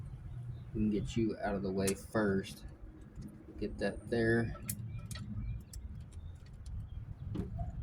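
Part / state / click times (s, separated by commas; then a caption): wiring harness clip into engine-bay bracket / partly seated / 5.1 s, 5.7 s. A wiring harness clip is pushed back into its engine-bay bracket during alternator replacement work on a 1997 Toyota Corolla while someone talks. Sharp clicks sound at 5.1 and 5.7 seconds, but the clip only partly clicks back in and is not fully seated.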